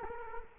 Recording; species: mosquito wingbeat signal from an infrared sensor; Culex quinquefasciatus